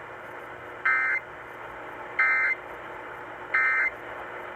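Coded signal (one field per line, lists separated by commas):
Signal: Emergency Alert System (SAME) tones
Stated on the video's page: Flood-related EAS alerts from a compilation.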